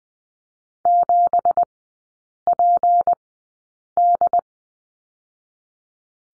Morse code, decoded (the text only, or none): 7PD